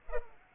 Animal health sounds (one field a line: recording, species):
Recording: mosquito wingbeat signal from an infrared sensor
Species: Culex pipiens